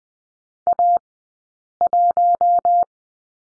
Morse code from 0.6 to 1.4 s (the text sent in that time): A